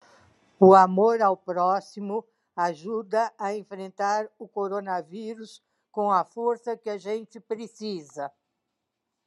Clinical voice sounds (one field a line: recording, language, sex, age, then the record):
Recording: spoken sentence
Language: Brazilian Portuguese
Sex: female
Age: 70 to 79 years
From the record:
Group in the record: control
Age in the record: 71 years